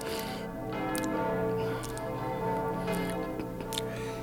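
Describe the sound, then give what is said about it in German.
The church bells of St. Desten ring steadily, their overlapping tones humming on while fresh strikes land about once a second, at a moderate, even loudness with no voices. “Amen, den Glocken, Vater?”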